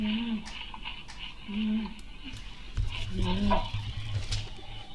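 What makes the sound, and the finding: Upper airway breathing. Stridor.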